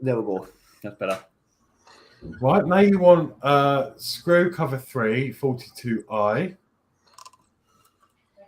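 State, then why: Not seated. Someone talks while handling a small plastic screw cover, part 42i, meant to be pressed into a screw hole on a U.S.S. Enterprise NCC-1701-D starship model. Two faint, brief ticks come at about 7.2 and 7.3 s after the talking stops. Nothing has seated or clicked into place yet.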